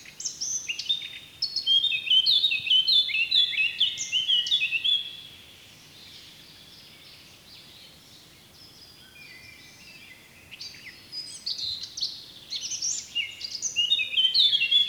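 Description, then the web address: Eurasian blackcap song: fast, varied warbling phrases of high chirps and whistled notes for several seconds, a pause, then another bright warbled burst toward the end. "SETE data Sylvia atricapilla"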